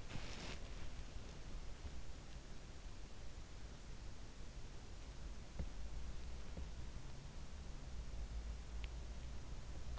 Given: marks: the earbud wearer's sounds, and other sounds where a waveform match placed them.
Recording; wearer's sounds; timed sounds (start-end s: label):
sounds in sleep by an in-ear microphone; body movement
0.00-0.84 s: body movement